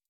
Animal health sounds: hydrophone in a shrimp aquaculture tank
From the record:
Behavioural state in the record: stressed

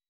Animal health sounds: hydrophone in a shrimp aquaculture tank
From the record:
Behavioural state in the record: weakened

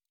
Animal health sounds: hydrophone in a shrimp aquaculture tank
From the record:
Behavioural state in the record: normal

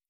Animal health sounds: hydrophone in a shrimp aquaculture tank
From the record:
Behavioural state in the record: stressed

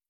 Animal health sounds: hydrophone in a shrimp aquaculture tank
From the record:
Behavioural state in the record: stressed

